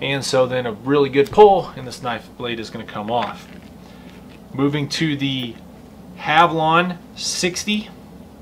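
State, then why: Not seated. A No. 60 knife blade is handled at the tang of a replaceable-blade knife handle, to be locked onto it, while someone talks over the faint handling sounds. Nothing has seated or clicked yet.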